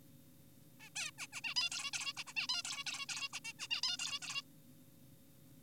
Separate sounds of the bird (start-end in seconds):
0.80-0.90, 0.96-1.11, 1.18-1.27, 1.33-1.41, 1.44-1.54, 1.56-1.70, 1.72-1.91, 1.93-2.13, 2.17-2.24, 2.27-2.34, 2.36-2.47, 2.49-2.63, 2.65-2.84, 2.87-3.06, 3.09-3.29, 3.33-3.40, 3.45-3.53, 3.59-3.68, 3.71-3.81, 3.83-3.97, 3.99-4.19, 4.22-4.42